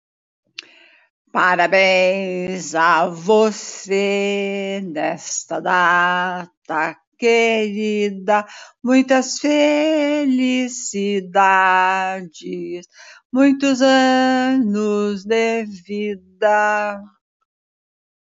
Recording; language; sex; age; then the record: short text; Brazilian Portuguese; female; 70 to 79 years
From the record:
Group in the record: control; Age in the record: 75 years